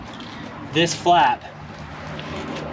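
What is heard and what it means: Someone talks briefly while handling the spring-loaded socket flap over a towing cable plug, with a low steady background hum throughout. The flap has not yet snapped down over the plug, and nothing has seated or clicked yet.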